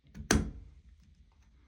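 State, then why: Partly seated. A plastic Grohe shower handle piece is pressed onto the mixer valve body until its little tabs catch, with a faint tap at 0.15 s and then one sharp, loud click at 0.3 s that fades quickly. Only partly seated: the tabs click, but one of the three is not fully home and needs more force.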